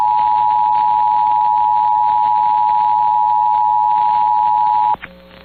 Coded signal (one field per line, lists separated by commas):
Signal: Emergency Alert System (SAME) tones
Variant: 853 and 960 Hz attention tone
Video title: EAS 3x Required Monthly Test South Dakota +WeatherSTAR4000 (KOLY, KBRK, KORN)